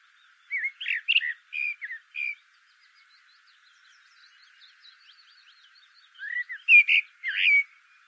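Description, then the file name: Common blackbird song: a run of several mellow warbled notes, faint chatter in between, then another phrase of fluted whistles with squeaky notes. "Turdus merula"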